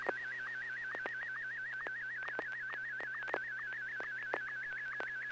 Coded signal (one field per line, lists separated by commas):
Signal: SSTV (slow-scan television)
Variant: Martin 1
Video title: N6NA SSTV Net - 11/25/2020